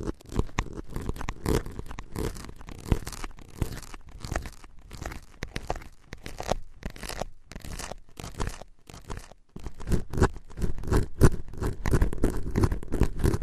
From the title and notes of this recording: On this episode, a special tapping & scratching ASMR episode.